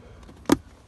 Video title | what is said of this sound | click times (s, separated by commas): Product Review - WeatherTech Floor Mats | you hear it click okay so this thing isn't supposed to really move alright | 0.5 s